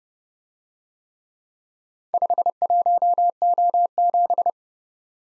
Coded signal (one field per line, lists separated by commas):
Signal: Morse code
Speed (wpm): 34 wpm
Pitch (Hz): 700 Hz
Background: none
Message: 51O7